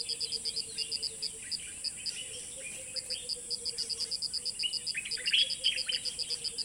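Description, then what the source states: Birds chorusing with chirps and whistles over quick insect pulsing, with a lower whistled note running through. Dawn chorus recorded in savannah habitat in Sierra Leone.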